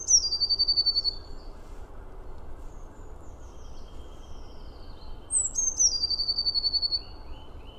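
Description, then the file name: Eurasian blue tit call: a sharp high note falling into a fast trill, heard twice, with faint thin notes between them over low background noise. "Cyanistes caeruleus"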